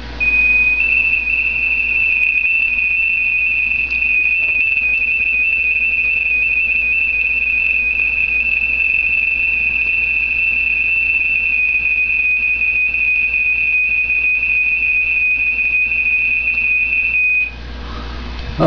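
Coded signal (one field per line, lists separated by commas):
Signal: PSK31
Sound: a single steady, slightly warbling high tone lasting about seventeen seconds, then stopping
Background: low hum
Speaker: all of your sound card of the computer let me send a CQ here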